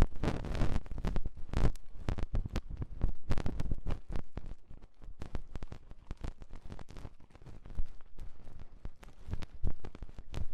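Ear cleaning with rhinestones and clay being picked away: a steady stream of sticky crackles, pops and scratchy taps. The first two seconds are the densest and loudest, then the clicks thin out into quicker, lighter bursts with short quiet gaps between them.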